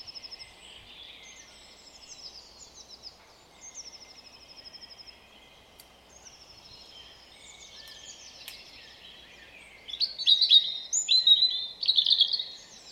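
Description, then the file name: European robin song: faint thin high warbled phrases at first, then louder tinkling bursts of twittering notes near the end, with steady soft background hiss. "Erithacus rubecula"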